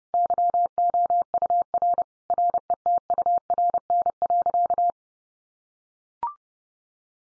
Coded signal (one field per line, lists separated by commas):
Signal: Morse code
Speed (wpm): 30 wpm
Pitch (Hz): 700 Hz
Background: none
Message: YOUR RETURN.